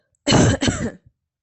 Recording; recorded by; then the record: voluntary cough; messaging app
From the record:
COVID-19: negative